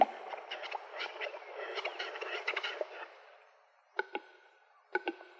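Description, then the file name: Western capercaillie song: quick clicking and scraping notes, then two pairs of sharp, isolated clicks near the end. "metso"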